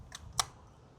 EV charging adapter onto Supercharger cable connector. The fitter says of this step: It will lock into place.